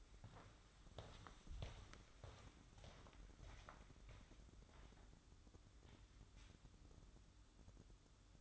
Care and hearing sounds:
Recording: daily activity, microphone in the room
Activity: walk to room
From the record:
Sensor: 3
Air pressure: 1008.2 hPa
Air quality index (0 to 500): 132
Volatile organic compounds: 2 ppm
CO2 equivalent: 1092 ppm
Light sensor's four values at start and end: 8/19/7/7 and 9/22/9/9

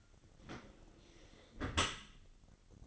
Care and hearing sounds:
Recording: daily activity, microphone in the room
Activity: close dishwasher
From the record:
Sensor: 4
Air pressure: 1003.9 hPa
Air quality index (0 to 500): 150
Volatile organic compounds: 2 ppm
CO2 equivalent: 1074 ppm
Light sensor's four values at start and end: 21/51/21/23 and 22/52/22/23

